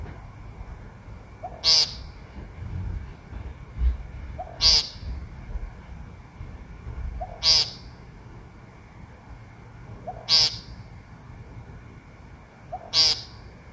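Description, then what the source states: Woodcock calling a rasping, buzzy nasal note about every three seconds, five times, each introduced by a quiet low whoop. Captured on a smartphone; a quiet whoop, possibly an in-drawn breath, comes just before every call.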